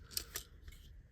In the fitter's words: no not clicking in